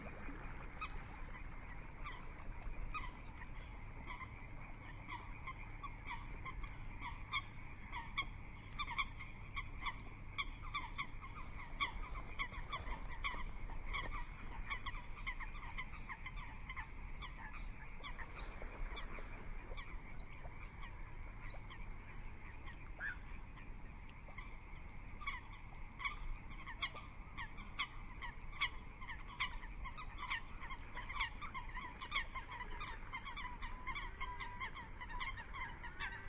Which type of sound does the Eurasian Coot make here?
call